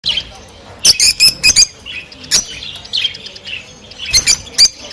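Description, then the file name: Rosy-faced lovebird chirps: quick series of shrill, high squeaky notes in short groups, interspersed with softer buzzy twitters. Singing and chirping described as beautiful and cheerful. "krasivoe i veseloe penie i chirikane rozovoshhekih nerazluchnikov"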